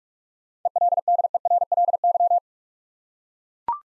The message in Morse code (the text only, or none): ELDERLY